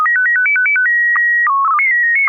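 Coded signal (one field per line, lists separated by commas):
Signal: SSTV (slow-scan television)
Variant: PD 120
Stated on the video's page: SSTV images exchanged in a weekly amateur radio net on an FM repeater at 441.300 MHz in Sacramento, using MMSSTV software.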